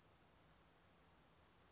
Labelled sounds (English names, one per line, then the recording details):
Western Flycatcher
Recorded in Sonoma County, California